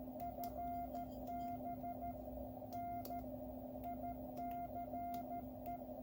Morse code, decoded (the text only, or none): FB NICE